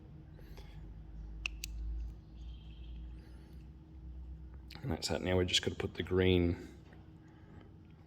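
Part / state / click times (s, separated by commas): crimped terminal pin into Deutsch connector housing / seated / 1.5 s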